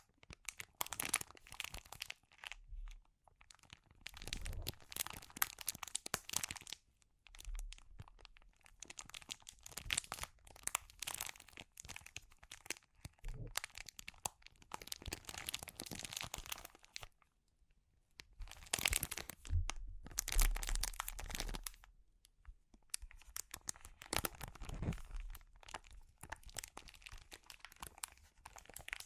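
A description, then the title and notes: Sensitive crinkles come in bursts of crisp crackling and crunching, each lasting a few seconds and separated by short silences. The sound is bright and dense, with irregular sharp snaps, and a brief low thump appears near the middle and again around twenty seconds. ASMR Sensitive Crinkles (No Talking).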